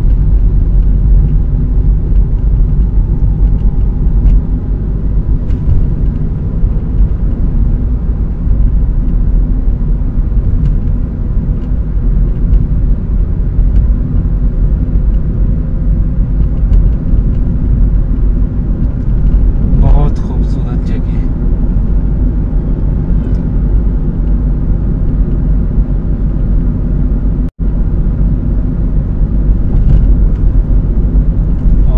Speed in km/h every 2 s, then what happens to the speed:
40, 42, 44, 48, 49, 51, 53, 54, 55, 56, 56, 56, 55, 55, 55, 56.
0-13 speeds up to 54. 13-32 steady at about 55.